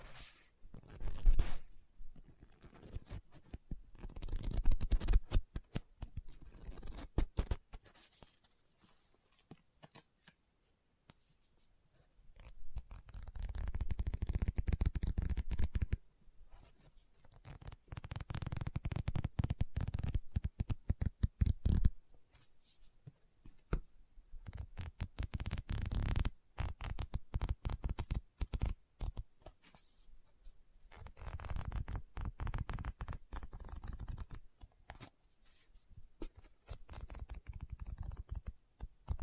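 Fingers tap and scratch on a book, with papery rustles like pages turning. The sounds come in uneven bursts of quick, crackly clicks, heavier around 3–7, 14–22 and 25–39 seconds, separated by near-silent pauses. There is a soft low thump under the busier stretches.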